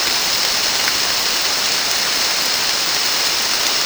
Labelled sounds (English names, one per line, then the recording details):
none
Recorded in dense forest near Puerto Asís, Putumayo, Colombia, on 25 June 2025 at 14:00
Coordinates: 0.499, -76.324
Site G100